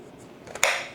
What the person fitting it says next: Oh, just snaps right in.